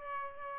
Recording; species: mosquito wingbeat signal from an infrared sensor; Aedes albopictus